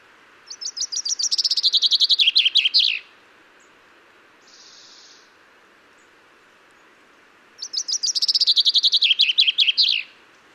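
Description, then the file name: Common chaffinch repeating its song twice, each a cascade of bright notes descending in steps to a flourish, with a faint buzz in the pause. "Fringilla coelebs"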